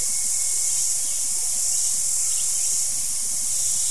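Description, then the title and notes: Cicadas giving a dense, constant high hissing drone that holds level throughout, without breaks. Cicadas calling at the end of the day in a wet jungle in Costa Rica. "as Cicadas bring an end to the day"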